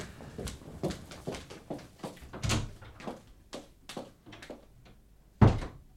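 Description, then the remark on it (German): A door opens and shuts amid a run of small clicks and knocking sounds, with a dull thud partway through and a sharper, louder bang near the end as it closes. “Nimm diese Tür dort.”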